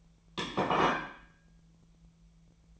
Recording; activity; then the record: daily activity, microphone in the room; place plate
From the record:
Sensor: 1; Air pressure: 1009.4 hPa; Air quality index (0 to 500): 194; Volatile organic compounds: 19 ppm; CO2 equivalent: 2660 ppm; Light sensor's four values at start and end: 29/75/31/37 and 29/75/31/37